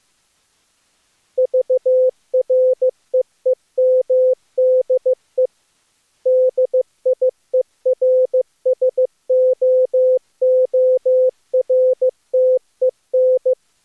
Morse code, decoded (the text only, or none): VREEMDE DIERSOORTEN